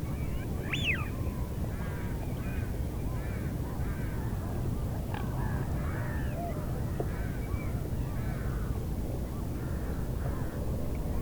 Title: Roskilde Fjord, Veddelev, Denmark - Wigeon calls on the fjord